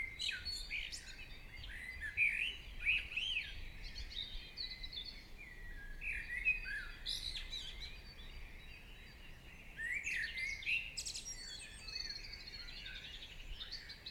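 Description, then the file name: Birds: bird chorus of whistled slurs and chirps recurring in waves, multiple singers overlapping throughout. Birds singing in the morning. "Chants Oiseaux du Matin"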